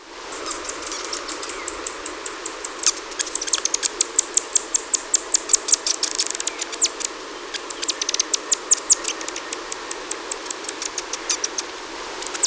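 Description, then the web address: Buff-winged starfrontlet calls: a rapid stream of very high, thin ticking chips, some with short squeaky slurs, running almost nonstop over a faint steady hiss. Ecuador. "Natures Songs S America Birds of Ecuador. Buff-Winged Starfrontlet"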